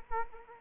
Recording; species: mosquito wingbeat signal from an infrared sensor; Culex quinquefasciatus